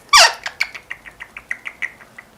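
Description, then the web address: Cuban amazon calls with one loud raspy screech followed by a quick run of many short clipped chatter notes. "popugai belogolovyi amazon kubinskii amazon popugai bagamov popugai kaimanovyx ostrovov. amazona leucocephala"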